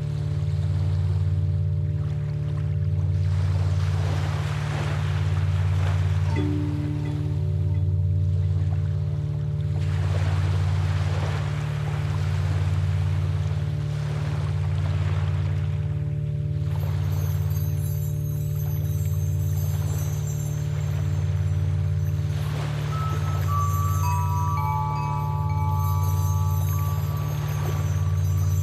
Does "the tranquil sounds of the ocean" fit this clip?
yes